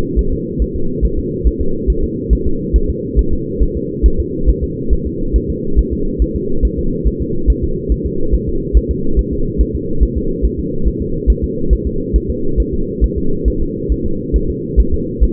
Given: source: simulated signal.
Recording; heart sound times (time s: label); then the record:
fetal heart sounds
0.19 s: S1
0.33 s: S2
0.62 s: S1
0.76 s: S2
1.05 s: S1
1.19 s: S2
1.47 s: S1
1.62 s: S2
1.90 s: S1
2.04 s: S2
2.33 s: S1
2.47 s: S2
2.76 s: S1
2.90 s: S2
3.19 s: S1
3.33 s: S2
3.63 s: S1
3.77 s: S2
4.06 s: S1
4.20 s: S2
4.49 s: S1
4.64 s: S2
4.93 s: S1
5.07 s: S2
5.36 s: S1
5.50 s: S2
5.79 s: S1
5.93 s: S2
6.22 s: S1
6.36 s: S2
6.65 s: S1
6.79 s: S2
7.07 s: S1
7.22 s: S2
7.50 s: S1
7.64 s: S2
7.92 s: S1
8.06 s: S2
8.35 s: S1
8.49 s: S2
8.77 s: S1
8.91 s: S2
9.19 s: S1
9.33 s: S2
9.61 s: S1
9.75 s: S2
10.03 s: S1
10.17 s: S2
10.45 s: S1
10.60 s: S2
10.88 s: S1
11.02 s: S2
11.30 s: S1
11.44 s: S2
11.73 s: S1
11.87 s: S2
12.16 s: S1
12.30 s: S2
12.60 s: S1
12.74 s: S2
13.04 s: S1
13.18 s: S2
13.48 s: S1
13.62 s: S2
13.92 s: S1
14.06 s: S2
14.36 s: S1
14.50 s: S2
14.80 s: S1
14.94 s: S2
15.24 s: S1
From the record:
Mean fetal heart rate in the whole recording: 140 bpm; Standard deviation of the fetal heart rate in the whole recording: 2 bpm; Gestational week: 34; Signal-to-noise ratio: -8.1 dB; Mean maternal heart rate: 72 bpm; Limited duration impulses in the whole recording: absent